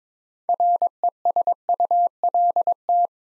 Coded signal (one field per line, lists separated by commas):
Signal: Morse code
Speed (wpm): 21 wpm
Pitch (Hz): 700 Hz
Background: none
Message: RESULT